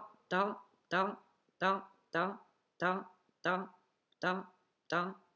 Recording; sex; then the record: repeated syllable /ta/; female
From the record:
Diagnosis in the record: healthy control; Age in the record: 70 years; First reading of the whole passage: 149 s, 3.0 characters per second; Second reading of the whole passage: 105 s, 4.4 characters per second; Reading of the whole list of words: 65 s, 4.0 characters per second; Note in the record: marked for poor recording quality or reading difficulty